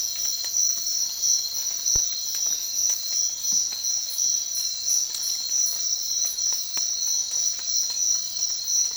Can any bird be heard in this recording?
no